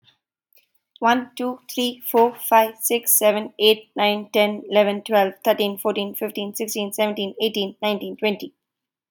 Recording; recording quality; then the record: counting at a fast pace; excellent, no background noise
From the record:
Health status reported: respiratory illness, not identified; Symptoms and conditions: sore throat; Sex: female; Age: 39 years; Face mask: not worn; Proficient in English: yes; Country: India